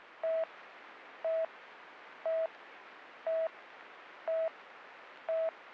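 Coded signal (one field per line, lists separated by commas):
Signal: none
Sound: radio talk-permit beeps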